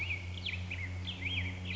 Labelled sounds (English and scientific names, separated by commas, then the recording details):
Black-headed Grosbeak (Pheucticus melanocephalus)
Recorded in Sonoma County, California